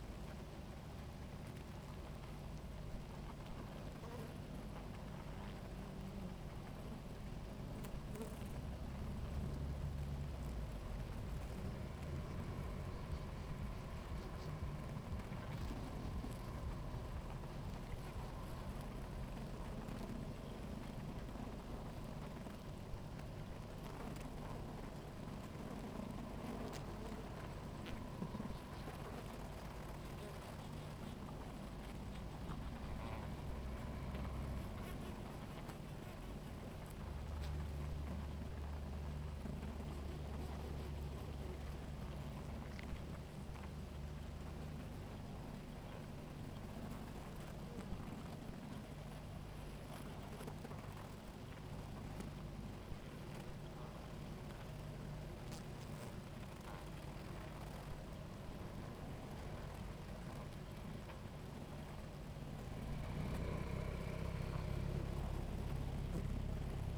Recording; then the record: honeybee colony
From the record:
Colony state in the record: active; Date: 28 July 2017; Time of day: 17:44